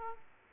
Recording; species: mosquito wingbeat signal from an infrared sensor; Aedes aegypti